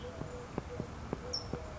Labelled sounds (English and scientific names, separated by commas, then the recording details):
California Towhee (Melozone crissalis)
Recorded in Sonoma County, California